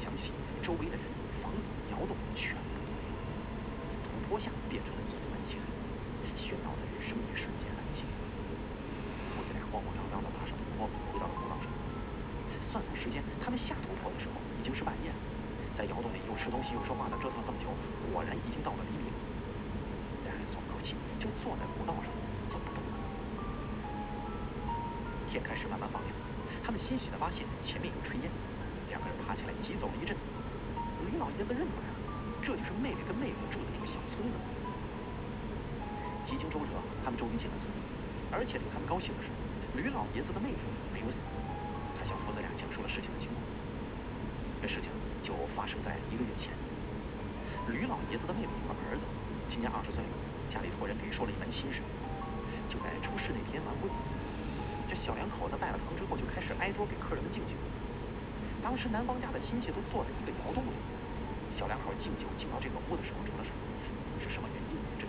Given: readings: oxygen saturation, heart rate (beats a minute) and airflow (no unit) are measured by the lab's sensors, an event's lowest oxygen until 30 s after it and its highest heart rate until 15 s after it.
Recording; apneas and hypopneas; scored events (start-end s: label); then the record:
breathing in sleep by a voice recorder at the bedside; 1
36.00-54.60 s: hypopnea (N1, oxygen 96% highest, then 92% lowest)
From the record:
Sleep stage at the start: N1 (lightest sleep); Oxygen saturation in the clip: 92 to 96%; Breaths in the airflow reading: 16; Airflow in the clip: -3.1 to 6.2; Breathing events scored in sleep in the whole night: 335 in 6.7 hours asleep